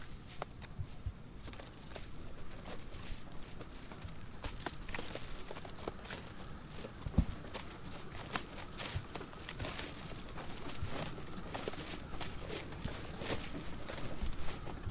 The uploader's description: Hike in Tambopata Reserve rainforest, Peru